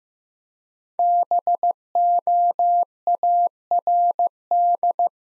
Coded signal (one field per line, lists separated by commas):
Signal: Morse code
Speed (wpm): 15 wpm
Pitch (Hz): 700 Hz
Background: none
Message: BOARD